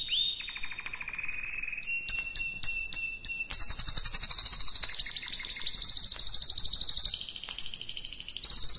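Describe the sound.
Canary song, a long varied run of fast rolling tours, high ringing notes and buzzy trills, each section switching abruptly to a new repeated phrase.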